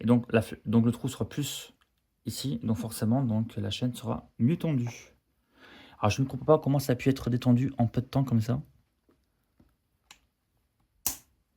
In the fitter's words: ça s'emboîte facilement.